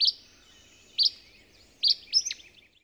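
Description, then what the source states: Acadian flycatcher, sharp high explosive notes repeated roughly once a second, the last one followed by a quick sputtering twitter. Recorded at Rib Mountain on 12 July 2021.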